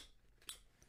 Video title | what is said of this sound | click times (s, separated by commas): Back-To-School Essential Tech of 2022 | it magnetically latches there you've got this pull string here | 0.5 s